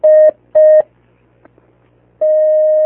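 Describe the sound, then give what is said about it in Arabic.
Two short, steady electronic beeps in quick succession, a pause with a faint low hum, then a longer sustained tone of the same pitch: a telephone line connecting another caller to Sheikh Abdulkarim al-Khudair's call-in fatwa program. “اتصال آخر.”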